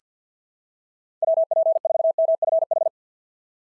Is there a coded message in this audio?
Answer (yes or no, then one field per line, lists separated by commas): yes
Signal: Morse code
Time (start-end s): 1.2-2.9 s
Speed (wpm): 49 wpm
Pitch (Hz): 650 Hz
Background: none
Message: WP4MFH